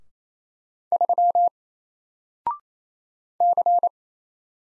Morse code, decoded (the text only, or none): 3 C